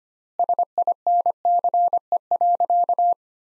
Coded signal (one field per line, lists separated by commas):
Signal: Morse code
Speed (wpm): 25 wpm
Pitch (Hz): 700 Hz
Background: none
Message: SINCE.